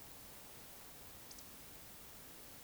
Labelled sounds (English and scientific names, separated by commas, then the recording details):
Eurasian Woodcock (Scolopax rusticola) whistle
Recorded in Baden-Württemberg, Germany, on 20 May 2021 at 20:01 UTC
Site 24606, 635 m above sea level